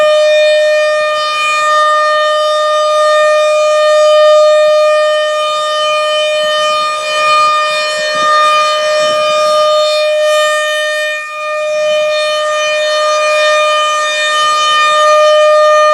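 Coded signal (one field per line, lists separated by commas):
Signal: siren signal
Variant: RM-130 rotating siren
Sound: loud steady siren tone held throughout, swelling and fading gently as it rotates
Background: outdoor ambience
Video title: Canon Vixia HF R700 vs Canon HF R800, Camcorder Comparison at RM-130 Siren Test, Menominee Falls, WI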